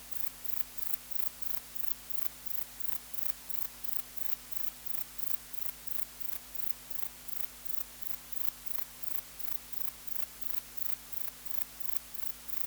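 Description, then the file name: Grey bush-cricket chirping in a fast, even series of dry, rasping pulses, near three per second throughout, a low droning hum in the background. "Platycleis albopunctata"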